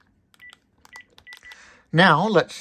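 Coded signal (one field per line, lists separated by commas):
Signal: none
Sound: a cordless phone's beeps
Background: speech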